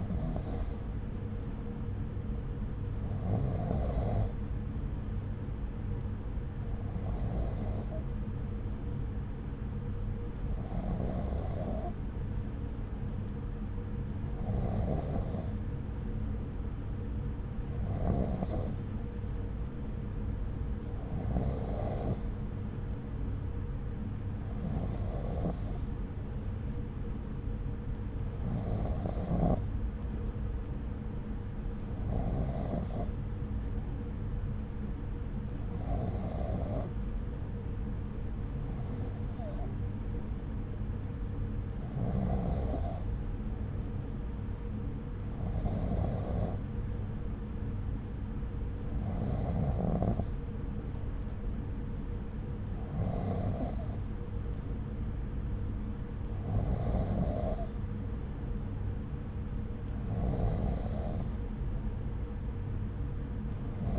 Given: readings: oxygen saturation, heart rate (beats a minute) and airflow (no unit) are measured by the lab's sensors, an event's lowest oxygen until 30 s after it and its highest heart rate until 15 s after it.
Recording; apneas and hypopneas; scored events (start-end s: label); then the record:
breathing in sleep by a smartphone at the bedside; none
none scored
From the record:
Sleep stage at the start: N2 (light sleep); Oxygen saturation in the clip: 93%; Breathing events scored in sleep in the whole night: 303 in 8.1 hours asleep